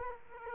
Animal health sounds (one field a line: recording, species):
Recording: mosquito wingbeat signal from an infrared sensor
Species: Culex quinquefasciatus